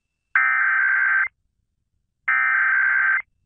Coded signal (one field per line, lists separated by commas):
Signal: Emergency Alert System (SAME) tones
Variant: header bursts